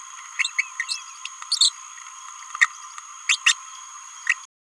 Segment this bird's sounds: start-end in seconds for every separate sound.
0.39-0.44, 0.59-0.62, 0.79-0.85, 1.50-1.59, 2.61-2.65, 3.29-3.39, 3.46-3.55